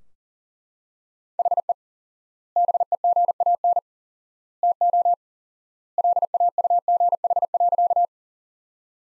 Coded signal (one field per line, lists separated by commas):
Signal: Morse code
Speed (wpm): 40 wpm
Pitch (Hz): 700 Hz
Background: none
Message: HE BEGAN TO LAUGH.